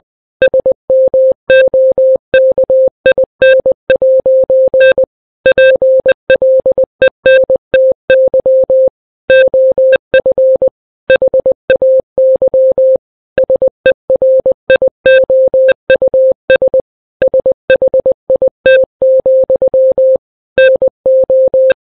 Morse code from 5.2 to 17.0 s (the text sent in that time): PLENTY OF HAY SERIOUS